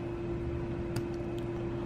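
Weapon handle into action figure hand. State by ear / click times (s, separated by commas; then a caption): seated / 1.0 s. A plastic rectangular weapon post is pressed gently into the hand slot of an action figure and snaps into place at 0.97 s with a short, sharp click over a steady background hum. The weapon is seated and held quite tightly in the hand.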